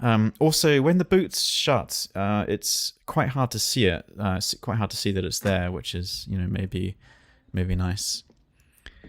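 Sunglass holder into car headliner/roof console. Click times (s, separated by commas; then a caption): 8.9 s. A plastic sunglass holder on a VW Golf is pushed back into its opening in the headliner at the front of the cabin. Someone talks for most of the clip, then after a quiet pause a faint tick is followed by a sharp snap at 8.9 s as the holder seats back into the headliner.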